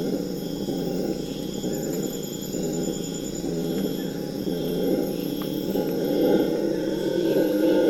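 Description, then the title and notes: Howler monkeys roaring together in a deep, rough, continuous chorus that swells louder toward the end, with insects buzzing faintly above. Local group of howler monkeys calling at dawn in the Amazon rainforest, during the dawn chorus. "Amazon basin - Dawn - Motmots And Howlers. Soon thereafter the local Howler Monkey gang follows suit, accompanied by frogs and other birds"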